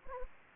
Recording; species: mosquito wingbeat signal from an infrared sensor; Anopheles gambiae